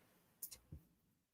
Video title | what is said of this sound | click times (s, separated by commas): Thursday Night Embroidery Check-in!! | And when you're inserting that bobbin, y'all want to be sure that you heard that click. That click let you know you did it right. | 0.4 s